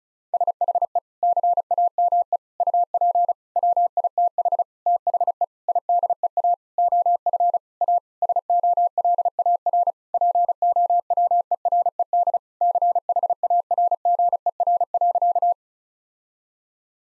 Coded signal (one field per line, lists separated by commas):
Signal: Morse code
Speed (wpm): 36 wpm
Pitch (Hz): 700 Hz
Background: none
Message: SHE CAME UP WITH THE IDEA OF A SOLAR POWERED CHARGER.